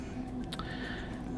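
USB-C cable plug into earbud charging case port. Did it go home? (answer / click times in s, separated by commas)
no / none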